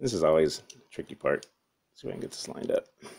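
A Raspberry Pi Zero board with an audio hat is being lined up with the USB port openings of its plastic case while someone talks. Nothing has seated or clicked yet; the clip ends just before the board snaps home into the case.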